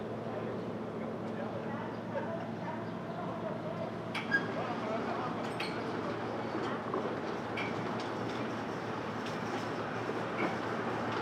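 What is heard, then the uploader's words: Steady street traffic at dawn in Brooklyn, a constant low rumble with a faint hum, broken by brief clicks and knocks around four and six seconds. Brooklyn Dawn, 4 - 17 - 20, Street Traffic II.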